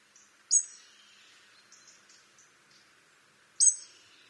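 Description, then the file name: European robin calling with two hard ticks three seconds apart, with faint high notes in between. "Erithacus rubecula"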